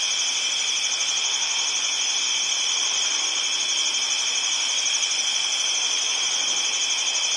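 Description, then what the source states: Crickets in a dense, unbroken chorus, several high steady trills layered together. Midwest, at night.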